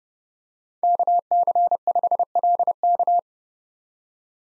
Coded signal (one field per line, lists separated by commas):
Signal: Morse code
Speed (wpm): 28 wpm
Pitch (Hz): 700 Hz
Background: none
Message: KC5LK